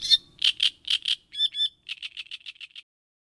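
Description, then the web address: Great reed warbler giving grating double notes, then two squeaky slurred notes, ending in a fast run of short harsh chirps that fade out. "agykontroll Madardalok Cd 3. Nádirigó"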